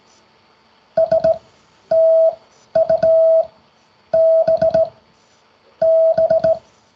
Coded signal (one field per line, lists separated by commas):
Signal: Morse code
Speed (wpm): 17 wpm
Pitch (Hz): 650 Hz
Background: none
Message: STUB B